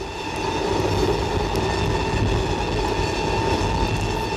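An express train bound for Rome, Italy, rumbles steadily along the rails, a loud continuous roar with low rumbling, bright metallic hum and faint rhythmic clicks, no voices.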